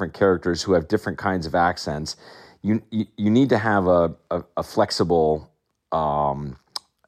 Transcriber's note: none